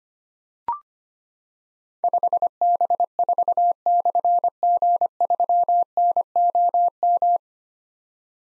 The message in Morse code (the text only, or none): 5B4/G3NOM